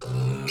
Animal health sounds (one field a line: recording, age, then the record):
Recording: pig call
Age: weaner (32 to 43 days)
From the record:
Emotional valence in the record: negative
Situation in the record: short isolation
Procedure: open field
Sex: female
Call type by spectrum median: low-frequency call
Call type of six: mixed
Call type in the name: high-frequency modulated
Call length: 0.52 s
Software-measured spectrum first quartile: 142 Hz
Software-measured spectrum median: 444 Hz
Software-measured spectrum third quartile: 2854 Hz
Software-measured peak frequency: 403 Hz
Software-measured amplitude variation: 80 dB a second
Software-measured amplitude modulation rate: 25.2 a second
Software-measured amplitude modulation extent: 3.2 dB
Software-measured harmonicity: 3.7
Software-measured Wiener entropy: -3.29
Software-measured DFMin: 1129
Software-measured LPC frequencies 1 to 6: 1247, 2420, 4259, 4985, 6354, 7263 Hz